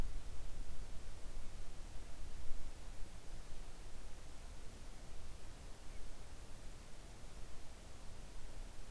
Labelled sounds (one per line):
near silence